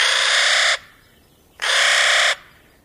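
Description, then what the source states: Clark's Nutcracker gives two harsh, rasping caws separated by a brief pause. Harsh, raucous caw, even less mellifluous than that of related crows and ravens; heard year-round in mountain pine forests.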